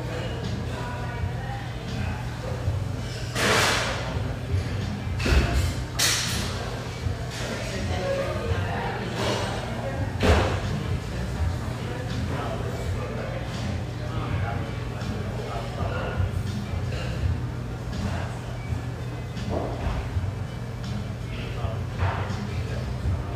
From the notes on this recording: musical, upbeat vibe of this café with a view, located in a high rise